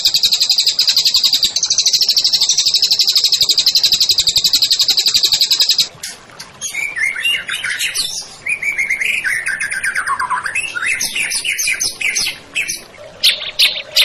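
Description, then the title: White-rumped shama song: a steady, buzzy high pulsed trill for six seconds, then varied whistled and chattering phrases with a falling slur. Masteran song-tutoring recording of a champion white-rumped shama, used to train songbirds. "Masteran Murai Batu Juara"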